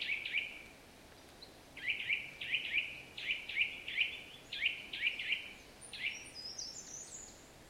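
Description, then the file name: Eurasian nuthatch calling in quick pairs and triplets of sharp, clear notes, with a brief high twittering from another bird near the end. "Sitta europaea"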